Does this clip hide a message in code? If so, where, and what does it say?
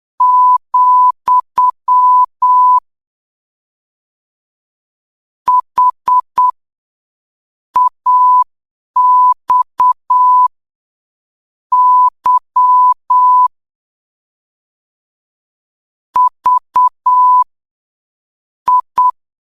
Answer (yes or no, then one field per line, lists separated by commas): yes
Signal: Morse code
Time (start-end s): 0.2-19.1 s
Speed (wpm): 8 wpm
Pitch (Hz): 1000 Hz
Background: none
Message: , H AX Y V I